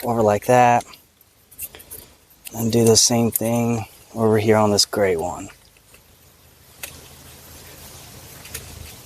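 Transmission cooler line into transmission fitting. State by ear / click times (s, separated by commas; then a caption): not seated / none. Someone talks while handling the gray transmission cooler line at its transmission fitting on a Chrysler Town & Country 62TE transmission. A few faint short taps follow at about 1.2 to 1.8 seconds and at 6.8 and 8.6 seconds over quiet background noise. The line has not clicked into place or seated yet.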